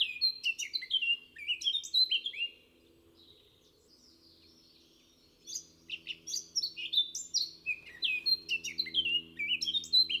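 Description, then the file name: Eurasian blackcap song: rich, varied warbling phrases of fluting and chattering notes, one burst, a pause of about three seconds, then a second longer outburst; faint low hum beneath. "Sylvia atricapilla"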